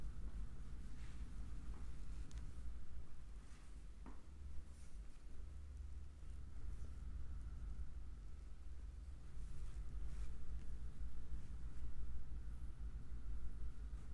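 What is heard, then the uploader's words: A foot massager runs with a steady low motor rumble and a thin constant whine above it, swelling slightly louder in the second half. Short soft clicks and knocks break through now and then, around the first, second, fourth and tenth seconds. ASMR Relaxing foot massage.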